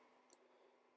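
A flex cable connector is pressed down by finger onto its socket on an iPhone logic board during an iPhone 7 loudspeaker replacement. A single short, bright click at 0.3 s stands out over a steady low background hiss. The connector seats and locks into place.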